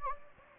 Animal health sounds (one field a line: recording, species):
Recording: mosquito wingbeat signal from an infrared sensor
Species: Anopheles gambiae